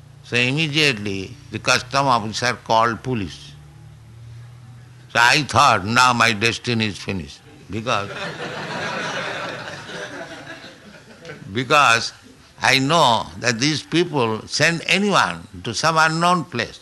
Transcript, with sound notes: So immediately the custom officer called police. So I thought, "Now my destiny is finished, because... [laughter] Because I know that these people send anyone to some unknown place.